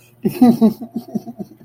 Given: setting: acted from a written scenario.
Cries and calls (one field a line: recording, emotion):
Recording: vocal sound without words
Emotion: guilt